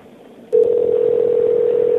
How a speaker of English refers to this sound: All I'm hearing is a lot of ringing.